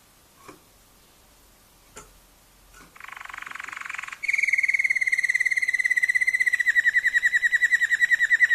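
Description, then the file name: Waterslager canary singing: a few soft clicks, a dense buzzy phrase, then a long rapid rolling trill. Song variations of a Waterslager canary. "kenari waterslager variasi omkicau"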